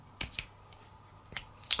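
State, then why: Seated. A plastic leg part of a Transformers One Studio Series Megatron robot figure is moved back during reverse transformation, with sharp handling clicks at about 0.2, 0.4 and 1.4 seconds. A brighter, louder click at 1.7 seconds marks the joint settling into a light lock, so the part is seated.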